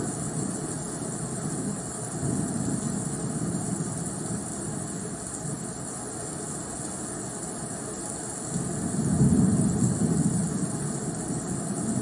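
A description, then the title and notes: A distant thunderstorm grumbles low and steady, a deep rolling rumble that never fully fades. Around nine seconds the rumble swells louder and fuller for a few seconds before easing back. A faint, even hiss sits over everything throughout. ASMR Distant Thunderstorm.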